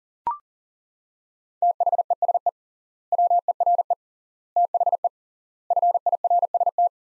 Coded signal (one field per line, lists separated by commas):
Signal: Morse code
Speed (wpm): 37 wpm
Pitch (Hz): 700 Hz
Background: none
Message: THESE WERE THE FIRST